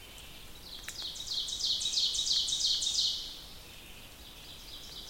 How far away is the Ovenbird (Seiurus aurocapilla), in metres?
about 40 m